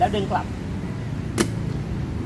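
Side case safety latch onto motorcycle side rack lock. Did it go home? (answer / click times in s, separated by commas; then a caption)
yes / 1.4 s. Someone talks while hooking the safety catch of an aluminium side case, already hung on the rack, onto the motorcycle side rack's lock assembly and pulling it back. A single sharp snap is heard at 1.4 s as the pannier safety latch closes and seats.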